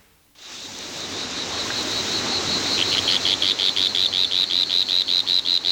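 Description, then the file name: Whirring tree frog calling: a high, steady buzzing trill that breaks into rapid, evenly spaced pulsed notes, growing louder toward the end. "Litoria revelata"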